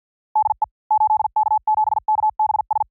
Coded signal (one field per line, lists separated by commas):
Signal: Morse code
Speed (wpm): 50 wpm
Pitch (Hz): 860 Hz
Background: none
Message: DE 8K7KBS